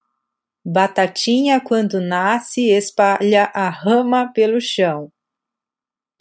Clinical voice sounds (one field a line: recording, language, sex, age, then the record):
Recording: short text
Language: Brazilian Portuguese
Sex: female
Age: 40 to 49 years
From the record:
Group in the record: control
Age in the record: 49 years